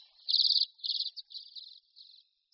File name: Čečetka-zimní